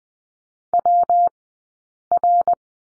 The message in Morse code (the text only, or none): WR